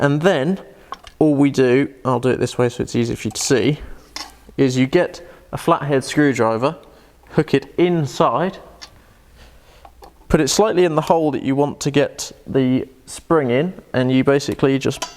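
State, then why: Not seated. Someone talks while hooking a flat-head screwdriver inside the steel brake return spring on the rear drum brake of a Mitsubishi L200 and lining it up slightly in the hole in the brake shoe before pulling. Only light metal-on-metal taps are heard, at about 8.8, 9.9 and 10.0 seconds. Nothing has seated or clicked yet.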